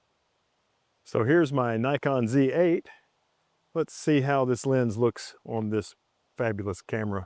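A Viltrox AF 50mm f/2 lens is handled at the bayonet mount of a Nikon Z8 full-frame mirrorless camera, about to be twisted on until the locking pin engages. Someone talks throughout, with no distinct mechanical sounds. The lens has not seated or clicked into the mount yet.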